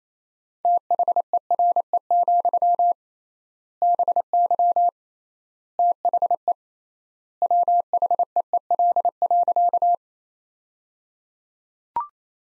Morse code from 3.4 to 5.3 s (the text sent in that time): BY